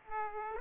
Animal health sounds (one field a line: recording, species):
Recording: mosquito wingbeat signal from an infrared sensor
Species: Aedes aegypti